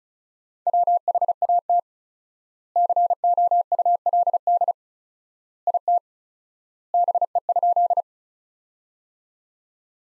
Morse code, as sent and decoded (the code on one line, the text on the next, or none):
.-- .... .- - / -.-. --- ..- .-.. -.. / .. - / -... . ..--..
WHAT COULD IT BE?